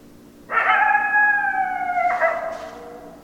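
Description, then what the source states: Coyote howl, one long, level, harmonic-rich note that snaps into a slightly lower, ragged ending before fading. Recorded 10 December 2012.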